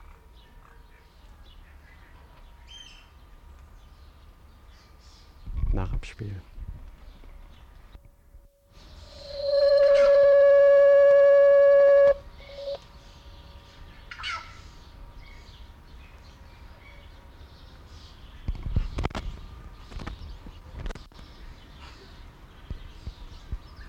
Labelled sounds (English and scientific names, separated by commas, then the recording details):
Red-legged Seriema (Cariama cristata) call
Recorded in captivity
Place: Zoo Berlin, Berlin, DE
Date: 1992-07-11 12:00
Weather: bedeckt, z.T. Regen, 17-22°C
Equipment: Marantz CP 430, Sennheiser ME 80, Kopie Tesla B 116
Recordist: Tembrock, Günter